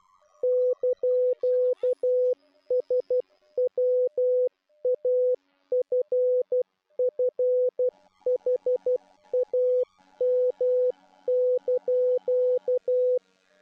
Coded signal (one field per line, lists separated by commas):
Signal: Morse code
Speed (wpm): 12 wpm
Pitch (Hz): 500 Hz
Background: music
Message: )SWAFFHAM)